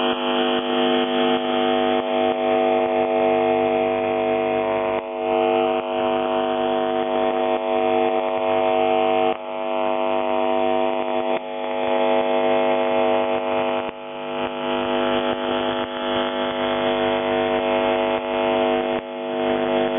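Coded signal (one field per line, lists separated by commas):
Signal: channel marker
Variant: UVB-76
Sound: continuous low harsh buzz with brief dropouts every few seconds, under radio static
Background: radio static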